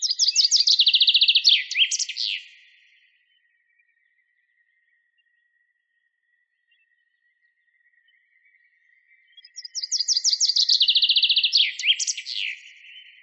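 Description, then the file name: Common chaffinch song: two bright descending trilled phrases, each ending in a quick flourish, separated by several seconds of silence. "Fringilla coelebs"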